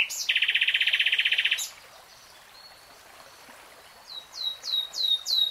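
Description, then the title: Nightingale song: a loud, rapid buzzy trill held for over a second, then a pause and a run of quick descending whistled notes rising in volume. 3-hour real-time recording. "[Tiếng chim hót] Nightingale Singing"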